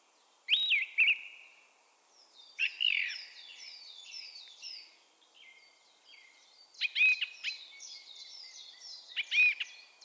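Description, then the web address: Bird calls: a pair of quick sharp notes, a burst of mixed chirping, then two more emphatic notes later, all amid a busy chorus of thin falling whistles. "Bird Only"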